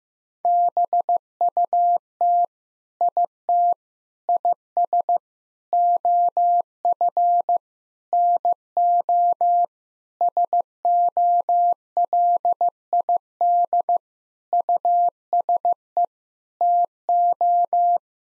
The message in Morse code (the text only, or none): BUT IT IS OF NO SOLID USE TO